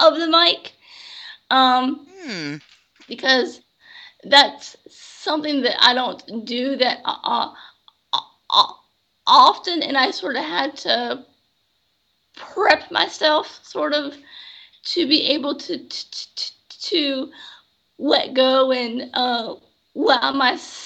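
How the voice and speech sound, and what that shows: An adult woman who stutters, and who recently gained a great deal of fluency, speaks in short bursts broken by frequent pauses. Drawn-out sounds, a repeated "to... to," and brief stalls before words mark mild stuttering disfluencies (prolongations, repetitions and small blocks) in otherwise clear speech.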